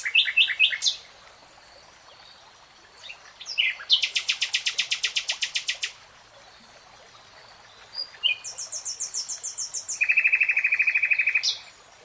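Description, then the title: Nightingale singing loud, varied phrases, including a long fast rattling trill and a later buzzy, rapidly repeated churr, with short silent gaps between. Singing, in a 3-hour real-time recording. "[Tiếng chim hót] REALTIME Nightingale Singing"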